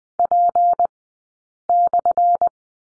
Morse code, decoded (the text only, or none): P/